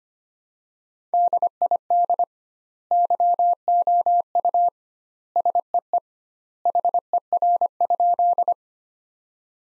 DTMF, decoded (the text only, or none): none